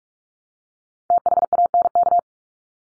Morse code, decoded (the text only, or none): THANK